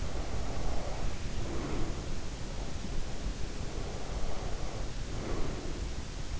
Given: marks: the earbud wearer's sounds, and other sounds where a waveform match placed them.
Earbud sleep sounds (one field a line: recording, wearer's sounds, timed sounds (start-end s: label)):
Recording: sounds in sleep by an in-ear microphone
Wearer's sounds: breath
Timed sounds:
0.00-2.29 s: breath
3.55-5.92 s: breath